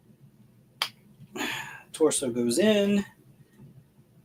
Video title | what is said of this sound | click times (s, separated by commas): Geek-men: It’s Frickin’ Figures! 5/26/25 | loin piece just kind of plugs in there, and then that just pops kind of right over. | 0.8 s